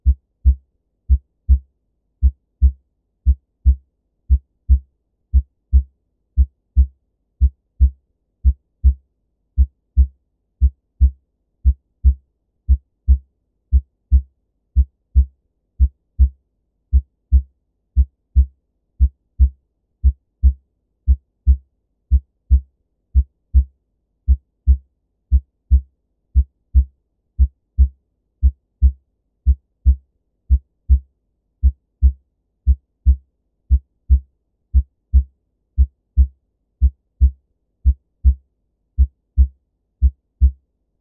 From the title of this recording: Normal Heart Sound